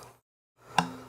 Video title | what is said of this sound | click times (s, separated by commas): Gear Unboxing - New Guitar Day! - Ibanez AZ242BC Deep Espresso Burst | there it goes it just sunk i just heard it snap okay | 0.8 s